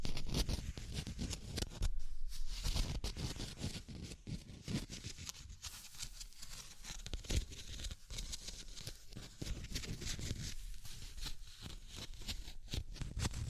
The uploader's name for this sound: Tapping, Scratching, Tracing and Panning